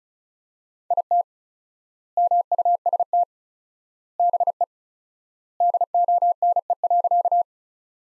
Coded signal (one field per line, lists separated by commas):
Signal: Morse code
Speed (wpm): 36 wpm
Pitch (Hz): 700 Hz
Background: none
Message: IT MUST BE DONE.